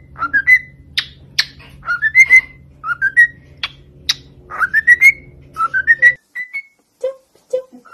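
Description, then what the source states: Cockatiel whistles varied rising phrases of short tonal notes, ending with a few softer, lower whistles after a pause. Several cockatiels singing, whistling.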